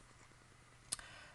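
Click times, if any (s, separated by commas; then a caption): 0.9 s, 1.0 s. A ZT 0400 assisted-opening folding knife is flicked open, and its blade snaps out as the thick metal liner lock engages behind it. A sharp, bright click sounds at 0.9 s, followed by a softer second click at 1.0 s, against a quiet background. The liner lock seats firmly behind the opened blade.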